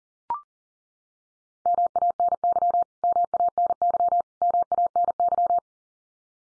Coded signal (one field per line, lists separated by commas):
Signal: Morse code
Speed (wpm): 40 wpm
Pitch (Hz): 700 Hz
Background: none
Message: MANY MANY MANY